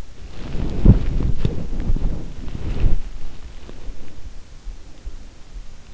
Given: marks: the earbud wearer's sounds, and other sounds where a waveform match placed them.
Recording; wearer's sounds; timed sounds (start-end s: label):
sounds in sleep by an in-ear microphone; body movement, breath
0.00-4.46 s: body movement
3.67-5.61 s: breath